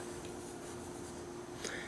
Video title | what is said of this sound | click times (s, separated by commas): Mold Flash E25 - Eaglemoss Star Trek Enterprise D | it just pops into place on the stand | 1.7 s